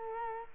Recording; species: mosquito wingbeat signal from an infrared sensor; Culex quinquefasciatus